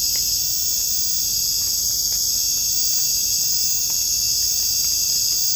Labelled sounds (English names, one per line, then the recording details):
none
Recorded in secondary vegetation near Puerto Asís, Putumayo, Colombia, on 22 December 2024 at 19:00
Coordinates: 0.499, -76.323
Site G010